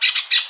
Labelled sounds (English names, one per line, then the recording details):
Brown-throated Parakeet contact call
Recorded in Aruba